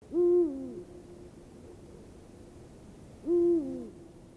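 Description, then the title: Eurasian eagle-owl giving two deep hoots about three seconds apart, each a low resonant note that dips at its end, with quiet background between. "Viikon luontoääni: Huuhkaja"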